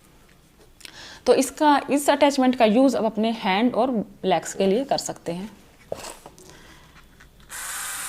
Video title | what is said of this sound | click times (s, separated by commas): Hair Removal at Home। Hair Removal। Epilator। How to Remove Underarm Hair। Remove facial Hair। | आप इसे इस पर इस तरह से रखिए और जस्ट थोड़ा सा नीचे की तरफ प्रेशराइज कीजिए तो यह एक लॉक की आवाज के साथ बंद हो जाएगा | 0.9 s